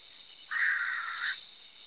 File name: Ceylon frogmouth